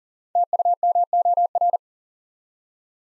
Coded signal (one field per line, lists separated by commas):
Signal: Morse code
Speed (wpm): 42 wpm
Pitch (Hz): 700 Hz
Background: none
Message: TUMOR